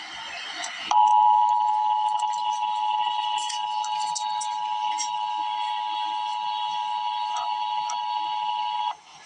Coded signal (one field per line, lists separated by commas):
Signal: Emergency Alert System (SAME) tones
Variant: 853 and 960 Hz attention tone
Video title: Emergency Alert System - Severe Thunderstorm Warning - Jun 10, 2026 at 6:51 PM EDT